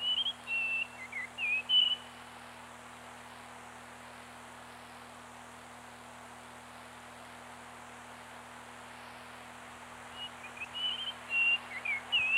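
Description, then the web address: Bird song: short whistled notes at the start and again near the end, a quiet gap between, with a steady low hum throughout. Labelled gularis; dated 25 05 94. "birdsong 25 05 94 gularis 18 XII"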